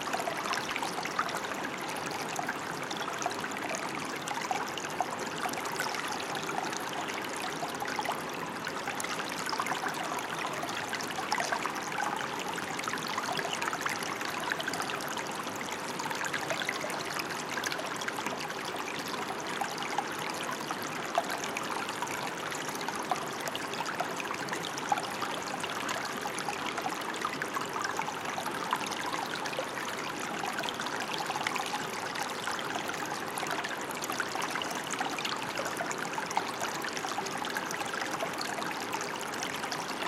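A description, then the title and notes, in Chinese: Gently flowing water runs without pause for the whole forty seconds, a dense, even rush with fine bubbling texture in the middle and upper range. The level holds steady throughout, with no distinct events or other sounds standing out. 淨化身心 極度放鬆流水聲。流水的柔和聲音。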